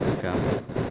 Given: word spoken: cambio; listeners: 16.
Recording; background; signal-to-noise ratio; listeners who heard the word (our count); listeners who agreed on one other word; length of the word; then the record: one Spanish word in noise, from a listening test; noise modulated by three-talker babble; -5.3 dB; 0 of 16; 6 of 16; 0.50 s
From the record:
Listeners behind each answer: 6, 6, 1, 1, 1, 1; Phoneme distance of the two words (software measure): 17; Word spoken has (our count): 2 syllables, 6 phonemes, stress on syllable 1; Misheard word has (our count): 2 syllables, 5 phonemes, stress on syllable 1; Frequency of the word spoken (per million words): 306.85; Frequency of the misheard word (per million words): 201.72